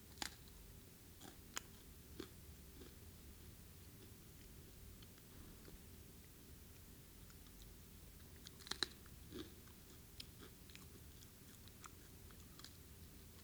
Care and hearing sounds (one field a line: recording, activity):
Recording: daily activity, guitar pickup as the sensor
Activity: eat